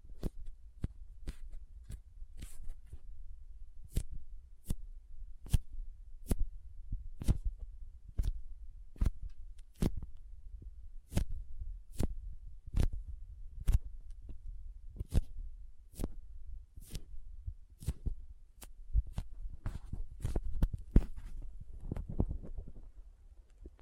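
Soft, sticky squishing sounds repeat in a steady rhythm, roughly every half second to second, each a short crisp tap with a dull low thud beneath. A low rumble runs throughout, and near the end a rustling crinkle thickens between the taps.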